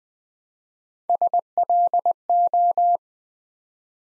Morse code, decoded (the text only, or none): SLO